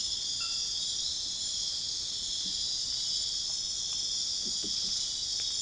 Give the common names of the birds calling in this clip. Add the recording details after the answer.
none. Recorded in dense forest near Puerto Asís, Putumayo, Colombia, on 18 February 2024 at 02:30. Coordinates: 0.502, -76.324. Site G6370